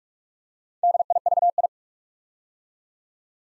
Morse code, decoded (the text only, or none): DIVI